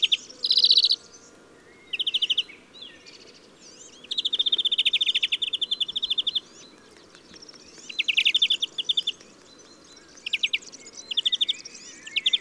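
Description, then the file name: European greenfinch singing a mix of rapid twittering trills and a drawn-out buzzy wheeze, phrases separated by short pauses. "Chloris chloris"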